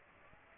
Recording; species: mosquito wingbeat signal from an infrared sensor; Aedes aegypti